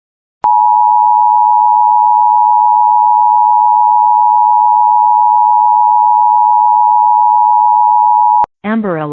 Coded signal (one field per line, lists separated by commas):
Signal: Emergency Alert System (SAME) tones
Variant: 853 and 960 Hz attention tone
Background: speech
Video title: Arizona Amber Alert EAS #28